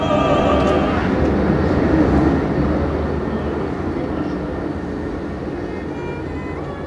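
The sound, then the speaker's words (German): A tram rumbles past, a steady low roar with faint whining tones on top, loudest at first and then slowly fading as it moves away. “Die Straßenbahn rechts um die Bahn und von links, die haben uns immer gefahren.”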